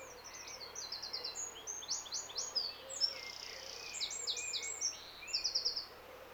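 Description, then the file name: Eurasian wren giving a fast, high-pitched song of rattling trills and piercing notes, ending in a quick trill. "Troglodytes troglodytes"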